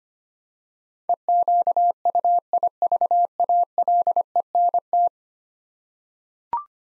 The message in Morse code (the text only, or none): EQUIVALENT